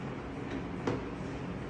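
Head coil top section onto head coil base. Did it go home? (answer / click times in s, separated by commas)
yes / 0.9 s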